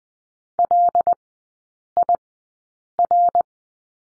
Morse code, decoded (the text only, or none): LIR